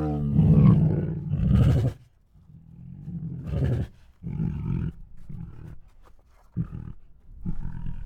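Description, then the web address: Tiger groaning deeply, then a series of short, low huffs and moans separated by brief pauses. Hungry tiger giving groans, huffs, moans and snores. "Sound Ideas Tigers Sound Effects Hungry Groans, Huffs, Moans and Snores [Sound Ideas]"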